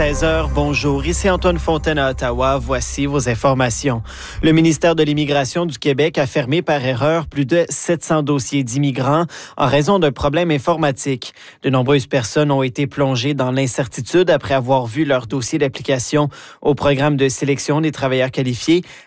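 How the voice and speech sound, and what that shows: A man reads a French-language radio news bulletin in a clear, steady mid-low voice at a brisk, even pace with only brief pauses. Speech is fluent and well articulated, with ordinary voice quality. A low hum underlies the opening seconds.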